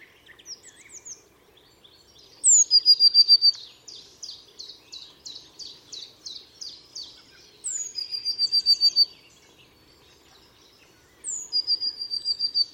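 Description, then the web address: Bird calling with high, thin downslurred notes and bursts of rapid repeated notes, pausing between phrases. "cianscape. Deverinetal 2025. Bird Only"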